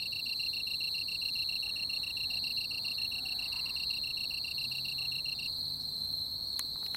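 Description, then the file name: Japanese tree cricket song: an even, rapidly pulsed high trill that runs steadily, then stops short before the end, leaving a constant tonal hum and a few clicks. "kantan"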